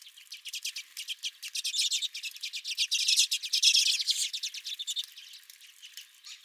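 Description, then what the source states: Redpolls with a steady stream of quick chattering notes that swell louder through the middle and fade near the end. At the recordist's own feeder.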